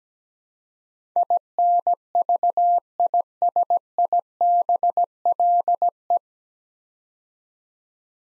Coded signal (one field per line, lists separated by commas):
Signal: Morse code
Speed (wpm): 17 wpm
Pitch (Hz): 700 Hz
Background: none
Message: INVISIBLE